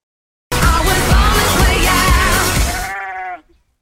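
Sheep bleating, a quavering, wavering call lasting about three seconds before cutting off abruptly.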